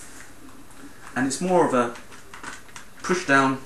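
A plastic motorcycle helmet visor is handled against the side pivot mechanism of an Arai RX-GP (Corsair V) helmet in a GP colour scheme during a visor change. Someone talks while faint handling taps are heard around 2.3 and 2.8 seconds. Nothing has seated or clicked into place yet.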